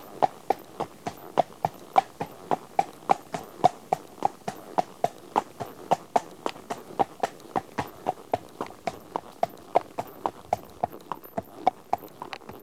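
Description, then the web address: Horse hoofbeats, bright sharp clops in a walking rhythm on a hard surface, continuing for the whole stretch. One horse at a walk on tarmac. "BBC Sound Effects Library. One horse at walk on tarmac"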